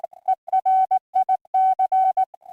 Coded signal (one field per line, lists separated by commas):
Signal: Morse code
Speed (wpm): 18 wpm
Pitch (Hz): 750 Hz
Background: music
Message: ERIC